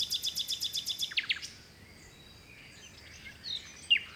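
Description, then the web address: Bird song: a rapid series of high repeated notes, then a few descending notes and faint chirps. Mediterranean forest by the sea in Greece, early morning in spring. "Seaside Nature And Waves Nature Forest Birds Wind Early Morning Spring Distant Sea Mediterranean Grece"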